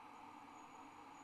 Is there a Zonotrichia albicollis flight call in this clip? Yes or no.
no